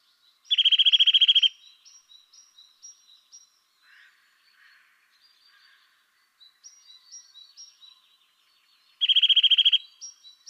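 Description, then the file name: Eurasian nuthatch giving two loud, fast, even trills, about eight seconds apart, with faint high whistled notes and soft chirps between them. "Sitta europaea"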